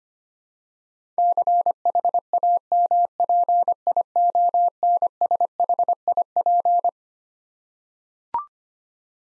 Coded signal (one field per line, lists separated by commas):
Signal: Morse code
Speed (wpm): 25 wpm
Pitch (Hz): 700 Hz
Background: none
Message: CHAMPIONSHIP